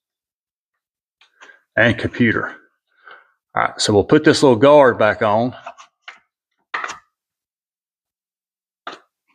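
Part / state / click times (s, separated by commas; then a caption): small guard on the engine block / seated / 6.8 s, 8.9 s. During a coolant leak repair on a 2006 Buick Lucerne 3.8, a small guard is pressed back onto the engine block near the crank sensor while someone talks. Sharp snaps are heard at 6.8 s and 8.9 s as the guard clicks back into place, seated.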